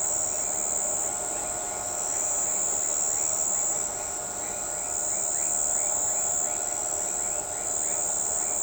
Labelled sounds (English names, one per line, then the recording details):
none
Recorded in shrubland near Pivijay, Magdalena, Colombia, on 14 April 2023 at 04:30
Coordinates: 10.453, -74.365
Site P5-G022